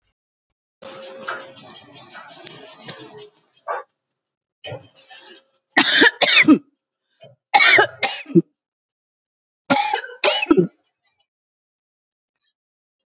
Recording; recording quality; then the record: shallow voluntary cough; excellent, no background noise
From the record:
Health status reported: COVID-19 positive, mild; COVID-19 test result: positive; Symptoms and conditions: cough, breathing difficulty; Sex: female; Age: 60 years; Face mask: not worn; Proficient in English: yes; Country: India